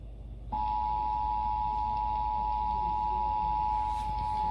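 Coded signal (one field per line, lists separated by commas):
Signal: Emergency Alert System (SAME) tones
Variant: 853 and 960 Hz attention tone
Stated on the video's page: Required monthly EAS test carried on Comcast cable television.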